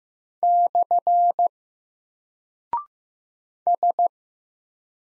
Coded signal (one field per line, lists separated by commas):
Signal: Morse code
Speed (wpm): 15 wpm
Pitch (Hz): 700 Hz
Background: none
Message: / S